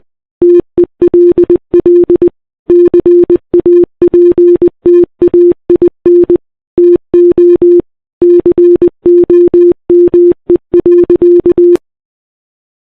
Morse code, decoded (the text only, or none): TELL CAPTAIN TO COME.